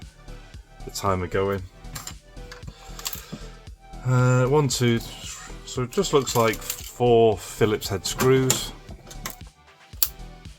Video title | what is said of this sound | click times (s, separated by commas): 80s SPACE INVADERS / Blockbuster 2 in 1 Electronic Game | Get that satisfying little click as you undo these old screws, which lets you know it's a good indication that no one's been in before. | 10.0 s